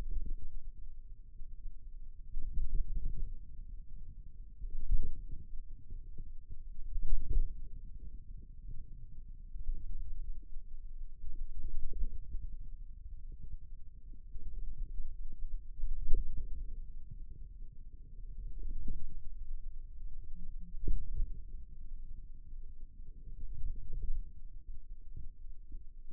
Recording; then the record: forearm muscle sounds (acoustic myography)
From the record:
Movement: ulnar deviation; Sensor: system 2, bracelet of six BSWA MPA416 microphones around the upper forearm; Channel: 3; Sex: male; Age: 22 years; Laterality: right